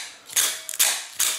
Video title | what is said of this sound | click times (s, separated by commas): Most Common Problem With OTF Automatic Knives...Simple Fix :) | pull it out all the way till it clicks. Just like that. And let go. Done. | 0.4 s